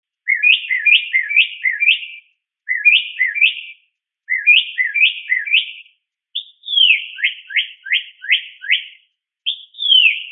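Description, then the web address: Mockingbird giving quick series of bright, rising chirps separated by short pauses, then downslurred whistled notes. Multiple calls. "SFXSource. Mocking Bird Multi 5"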